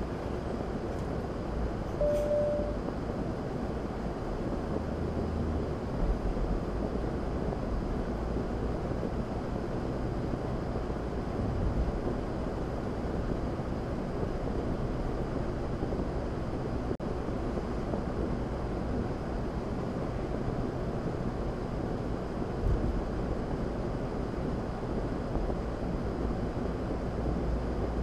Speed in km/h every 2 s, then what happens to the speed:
21, 32, 39, 42, 45, 45, 45, 45, 45, 45, 44, 42, 44, 40.
0-8 speeds up to 45. 8-28 steady at about 45.